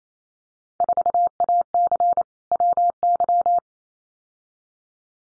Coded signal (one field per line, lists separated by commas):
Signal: Morse code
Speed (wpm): 28 wpm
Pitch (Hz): 700 Hz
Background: none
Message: 4AC WY